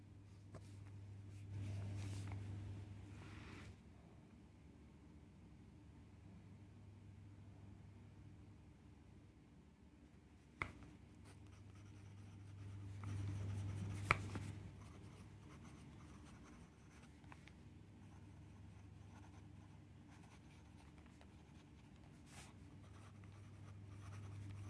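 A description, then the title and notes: Pen scribbling and page turning, heard as soft scratchy strokes over a steady low hum. Busier stretches of writing swell around 1–4 seconds and again around 12–15 seconds, with sharp clicks or taps near 10.5 and 14 seconds. This is a 45 minutes study session with scribbling and page turning ASMR.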